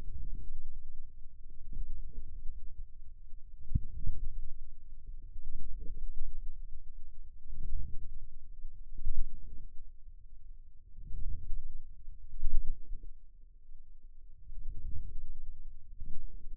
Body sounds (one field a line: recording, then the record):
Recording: forearm muscle sounds (acoustic myography)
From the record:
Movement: outward rotation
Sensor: system 2, bracelet of six BSWA MPA416 microphones around the upper forearm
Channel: 2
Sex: male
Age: 22 years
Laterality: right